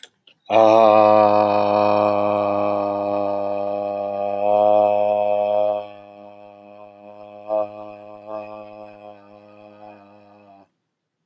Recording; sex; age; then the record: vowel held as long as possible; male; 30 to 39 years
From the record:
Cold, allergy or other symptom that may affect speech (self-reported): no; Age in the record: 37 years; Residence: Nevada, United States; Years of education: 16